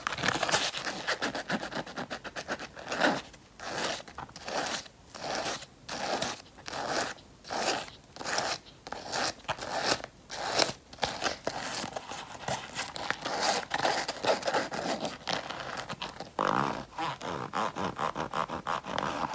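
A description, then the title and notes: Scratching on textured rings, a dense crackling rasp that fills the whole clip. From about 3 to 11 seconds it falls into regular strokes, roughly two per second, with brief gaps between them. After that the scraping turns more continuous and uneven. SCRATCHING MY RINGS TEXTURED SCRATCHING.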